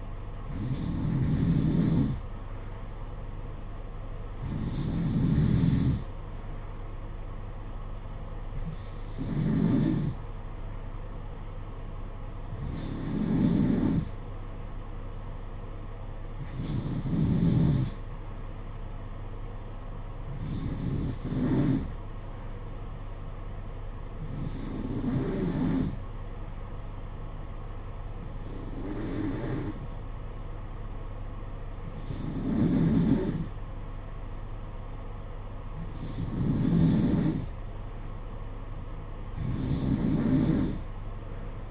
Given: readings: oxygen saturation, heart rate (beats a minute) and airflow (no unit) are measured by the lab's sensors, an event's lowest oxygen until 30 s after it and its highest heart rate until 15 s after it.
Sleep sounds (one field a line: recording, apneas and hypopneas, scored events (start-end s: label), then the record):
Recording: breathing in sleep by a smartphone at the bedside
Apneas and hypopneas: none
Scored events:
none scored
From the record:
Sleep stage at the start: N2 (light sleep)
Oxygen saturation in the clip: 91 to 92%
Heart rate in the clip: 56 to 60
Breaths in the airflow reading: 11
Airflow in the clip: -6.9 to 4.6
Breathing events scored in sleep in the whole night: 476 in 9.7 hours asleep